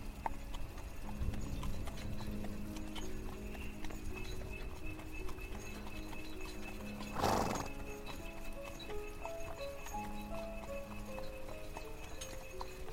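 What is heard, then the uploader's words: A horse-drawn carriage rolls along with a steady clip-clop of hooves and a constant creaking, rattling undertone from the wheels and harness. Around the seven-second mark a brief burst of louder noise cuts through, perhaps a snort or jolt, before the even rhythm continues. Carriage ride through the woods on the way to the castle. Carriage/ horse snort.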